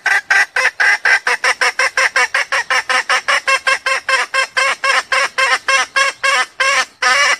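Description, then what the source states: Junglefowl mating call, a long series of rapid, raspy, honking clucks that keep a quick, slightly uneven beat for the whole stretch. Female junglefowl calling to solicit mating.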